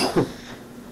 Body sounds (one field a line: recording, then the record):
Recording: coughing mixed with background sound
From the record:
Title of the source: Coughing 77